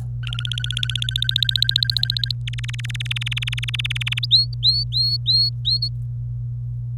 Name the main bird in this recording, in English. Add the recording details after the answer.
Domestic Canary. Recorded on 25 April 2018 at 18:20. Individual llb3